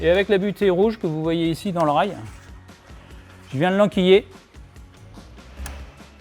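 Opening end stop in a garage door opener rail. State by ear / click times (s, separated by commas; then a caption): seated / 5.7 s. Someone talks while a red mechanical opening end stop is slotted into the rail of a sectional garage door opener. A small internal click at 5.7 s shows the end stop has seated, marking the position where the motor will stop.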